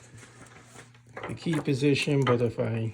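A key is turned in a motorcycle ignition switch, and the spring-loaded retaining tab that the key position had held in pops back out with a click at 1.2 seconds, leaving it sticking out, ready to run in the grooves. Someone talks over the rest of the clip.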